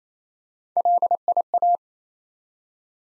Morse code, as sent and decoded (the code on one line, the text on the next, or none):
.-.. .. .-
LIA